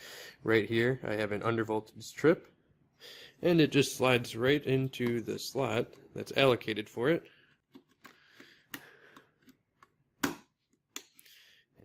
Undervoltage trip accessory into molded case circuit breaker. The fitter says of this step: it snaps right in this little tab will make sure it doesn't come out